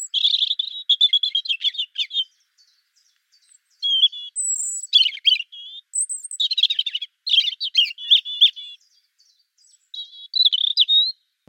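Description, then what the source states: European Robin singing varied high-pitched phrases, tinkling notes and jumbled trills alternating with short silences between each burst of song. Song described as sweet and wistful, in short varied verses with watery trickling and gurgling; robins sing all year round, and both males and females sing.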